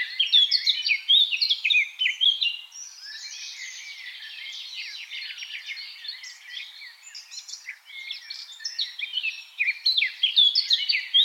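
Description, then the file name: Eurasian blackcap warbling: two loud bursts of rapid, varied twittering notes separated by a softer, continuous stretch of scratchy song. "Sylvia atricapilla"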